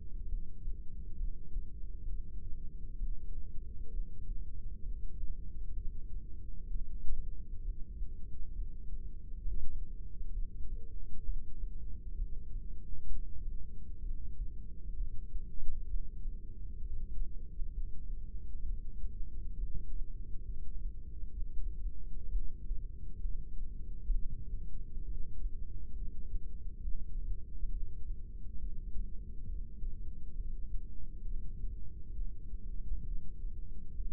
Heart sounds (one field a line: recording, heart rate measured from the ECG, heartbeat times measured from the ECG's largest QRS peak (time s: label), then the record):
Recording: heart sounds by microphone in the right ear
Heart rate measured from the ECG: 66 bpm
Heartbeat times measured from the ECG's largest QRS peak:
0.27 s: heartbeat
1.18 s: heartbeat
2.08 s: heartbeat
2.98 s: heartbeat
3.91 s: heartbeat
4.84 s: heartbeat
5.75 s: heartbeat
6.69 s: heartbeat
7.63 s: heartbeat
8.54 s: heartbeat
9.42 s: heartbeat
10.32 s: heartbeat
11.24 s: heartbeat
12.16 s: heartbeat
13.08 s: heartbeat
14.01 s: heartbeat
14.95 s: heartbeat
15.88 s: heartbeat
16.80 s: heartbeat
17.73 s: heartbeat
18.64 s: heartbeat
19.56 s: heartbeat
20.45 s: heartbeat
21.37 s: heartbeat
22.31 s: heartbeat
23.23 s: heartbeat
24.13 s: heartbeat
25.05 s: heartbeat
25.95 s: heartbeat
26.82 s: heartbeat
27.71 s: heartbeat
28.60 s: heartbeat
29.48 s: heartbeat
30.35 s: heartbeat
31.24 s: heartbeat
32.15 s: heartbeat
33.06 s: heartbeat
33.95 s: heartbeat
From the record:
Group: heart failure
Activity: rest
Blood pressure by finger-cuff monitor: 134/94 mmHg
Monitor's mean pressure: 108 mmHg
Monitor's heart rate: 66 bpm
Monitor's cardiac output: 6 L/min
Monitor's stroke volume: 91 mL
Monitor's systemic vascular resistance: 1340 dyn s/cm5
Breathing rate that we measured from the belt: 17 breaths a minute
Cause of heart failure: idiopathic cardiomyopathy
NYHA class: 1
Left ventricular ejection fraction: 50%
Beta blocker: bisoprolol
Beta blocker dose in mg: 5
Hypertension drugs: candesartan, spironolactone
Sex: male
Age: 54 years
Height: 180 cm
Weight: 94.6 kg